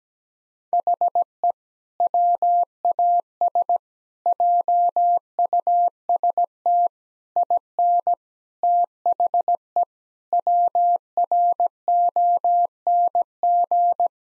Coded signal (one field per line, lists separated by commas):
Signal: Morse code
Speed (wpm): 17 wpm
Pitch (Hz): 700 Hz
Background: none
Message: HE WAS JUST IN THE WRONG